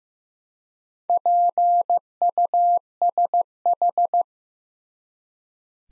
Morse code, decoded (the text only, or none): PUSH